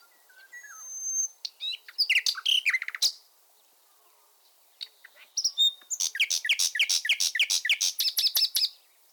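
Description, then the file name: Common nightingale song: a soft whistle and rising phrase, a loud burst of clicks, a pause, then a long fast series of repeated chirps. "fulemule"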